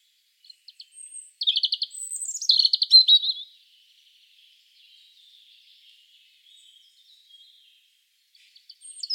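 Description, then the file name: European robin song, a few soft lead-in notes followed by a bright, quick cascade of high trills, then near silence with faint twitters. "Erithacus rubecula"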